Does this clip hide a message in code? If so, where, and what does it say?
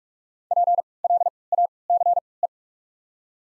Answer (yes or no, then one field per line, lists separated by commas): yes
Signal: Morse code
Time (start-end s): 0.5-2.5 s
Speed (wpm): 46 wpm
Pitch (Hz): 700 Hz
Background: none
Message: PLACE